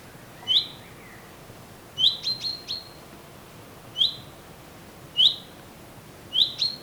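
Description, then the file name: Common chaffinch calls: short, sharp, bright 'pink'-like notes, given singly, in a quick pair or in a run of four, roughly every one to two seconds over faint background hiss. "Fringilla coelebs"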